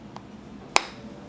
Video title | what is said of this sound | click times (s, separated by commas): 大先輩の圧倒的な技術が光る4選。たわし、和竿、がま口作りと鶏肉さばき。 | Hace un sonido agradable al chasquido, ¿verdad? | 0.8 s